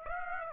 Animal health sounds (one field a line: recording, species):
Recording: mosquito wingbeat signal from an infrared sensor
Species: Aedes aegypti